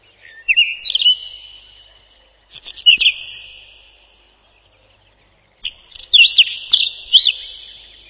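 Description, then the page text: Whinchat song: three short scratchy phrases of rapid chirps and whistled notes, spaced a few seconds apart, each echoing away afterwards. "Луговой чекан — Saxicola rubetra"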